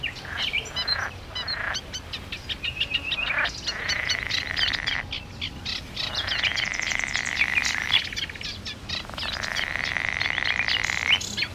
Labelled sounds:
Eurasian Reed Warbler song

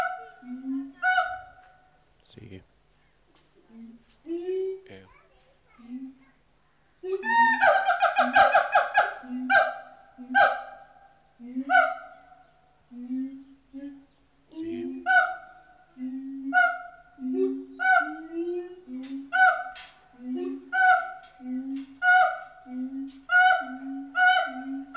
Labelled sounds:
Pileated Gibbon

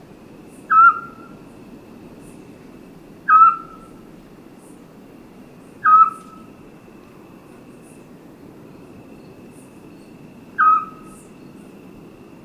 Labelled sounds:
Eurasian Scops Owl

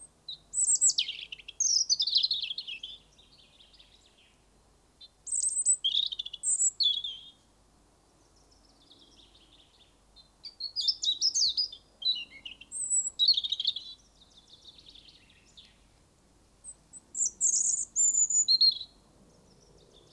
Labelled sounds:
European Robin song

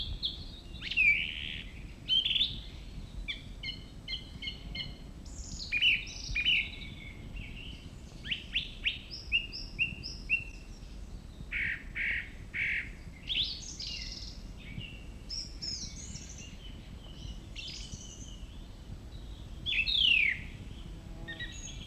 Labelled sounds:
Song Thrush song

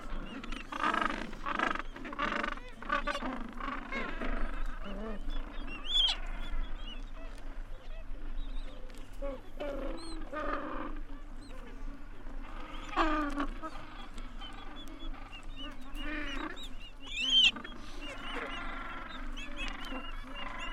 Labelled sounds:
Gentoo Penguin call

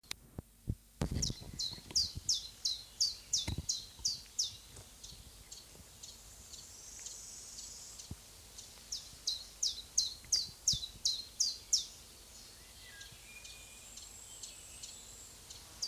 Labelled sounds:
Common Chiffchaff

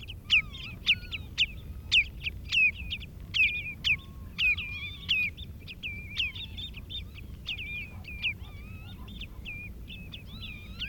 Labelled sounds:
Common Redshank call

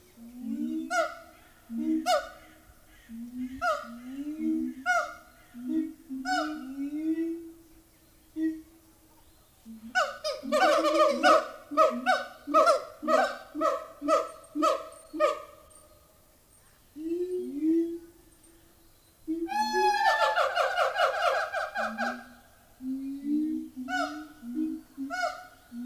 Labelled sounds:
Siamang

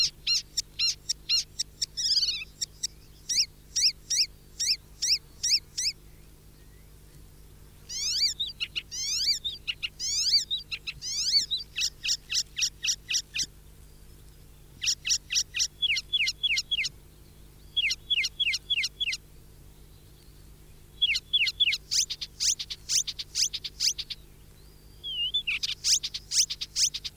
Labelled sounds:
Icterine Warbler song

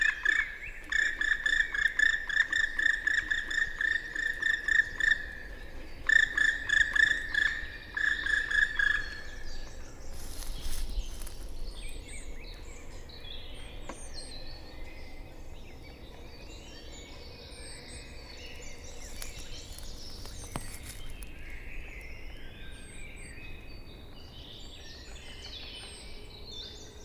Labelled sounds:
Black Woodpecker flight call

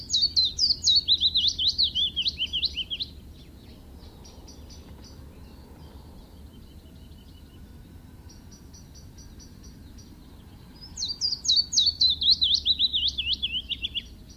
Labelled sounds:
Willow Warbler song

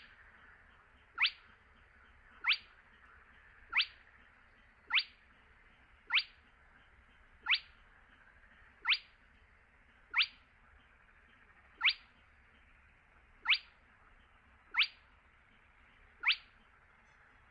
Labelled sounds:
Spotted Crake

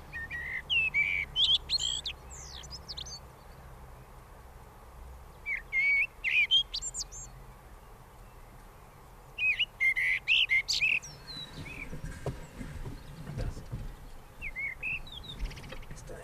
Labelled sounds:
Common Blackbird song

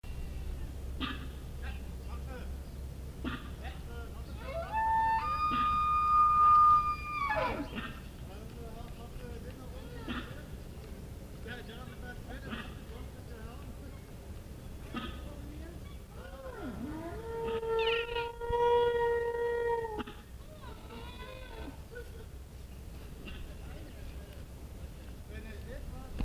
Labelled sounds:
Black Wildebeest call

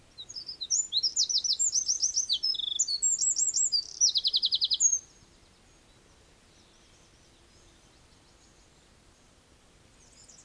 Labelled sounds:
Eurasian Wren song

